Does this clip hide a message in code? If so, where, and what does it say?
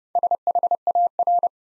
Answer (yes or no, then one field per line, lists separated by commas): yes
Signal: Morse code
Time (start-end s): 0.2-1.5 s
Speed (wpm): 30 wpm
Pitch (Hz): 700 Hz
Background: none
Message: SHAR